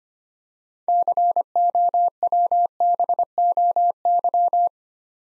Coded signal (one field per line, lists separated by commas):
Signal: Morse code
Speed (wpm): 25 wpm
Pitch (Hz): 700 Hz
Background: none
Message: COWBOY